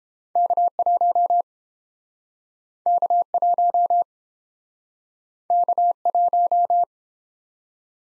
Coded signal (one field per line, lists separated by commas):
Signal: Morse code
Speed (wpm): 29 wpm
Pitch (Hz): 700 Hz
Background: none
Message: K1 K1 K1